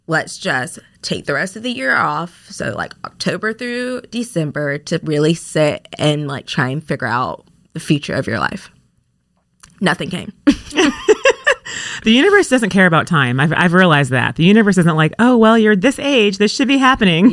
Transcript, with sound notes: Let’s just take the rest of the year off, so like October through December to really sit and like try and figure out the future of your life. Nothing came. (laughing) The universe doesn’t care about time, I’ve realized that. The universe isn’t like, oh well you’re this age, this should be happening.